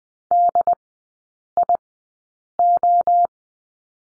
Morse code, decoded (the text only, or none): D I O